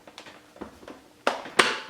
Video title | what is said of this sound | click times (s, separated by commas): Cosori Vacuum Sealer Review | then give it a nice close and you should hear it click and then | 1.3 s, 1.6 s